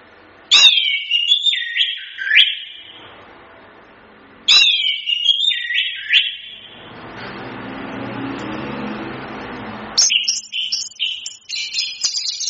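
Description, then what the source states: Chestnut-capped thrush song: two descending whistled phrases a few seconds apart, a hissy pause, then quick high chattering notes. Masteran, a training song used to teach songbirds.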